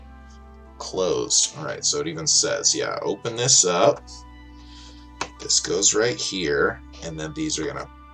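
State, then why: Not seated. Small plastic building elements are handled on a LEGO 10497 Galaxy Explorer construction-toy model; they are meant to press into place to hold a door panel closed. Someone talks over steady background music, and a brief sharp tap is heard at 5.2 s. The clip ends just before the part goes home, so nothing has seated or clicked yet.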